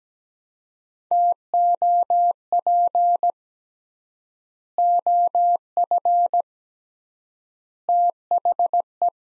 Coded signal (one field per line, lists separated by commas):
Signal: Morse code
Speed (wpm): 17 wpm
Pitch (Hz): 700 Hz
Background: none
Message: TOP OF THE